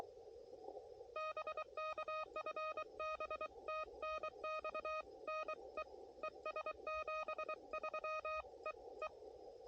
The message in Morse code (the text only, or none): BK FB TNX NE ES 73 E E